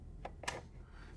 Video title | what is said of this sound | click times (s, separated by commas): Cine-Filters Prt. 2 - Rings & Adapters - TC burn | your base plate like so wait for the click and then | 0.5 s